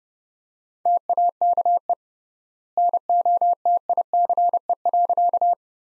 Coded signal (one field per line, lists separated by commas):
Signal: Morse code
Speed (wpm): 31 wpm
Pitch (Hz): 700 Hz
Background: none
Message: TAKE NOTICE.